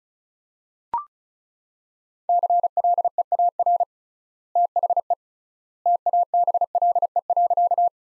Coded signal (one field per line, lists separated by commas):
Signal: Morse code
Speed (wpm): 34 wpm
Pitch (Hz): 700 Hz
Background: none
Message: CLEAR THE TABLE.